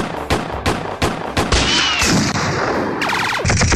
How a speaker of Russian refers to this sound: И тотчас все трое открыли стрельбу на веранде, целясь в голову Коровьеву и Бегемоту.